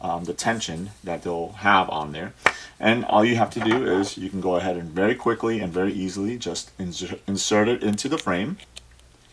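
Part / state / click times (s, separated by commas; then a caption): cord ball joint into sunglasses frame hinge / not seated / none. Someone talks while handling the ball joint on the end of an eyewear cord, about to insert it into the hinge of a sunglasses frame, where it slides back and locks in place. Nothing has seated or clicked yet by the end of the clip.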